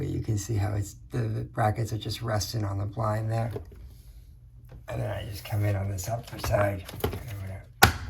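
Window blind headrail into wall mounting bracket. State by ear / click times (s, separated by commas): seated / 7.8 s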